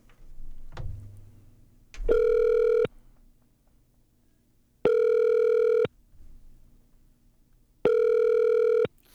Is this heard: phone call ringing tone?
yes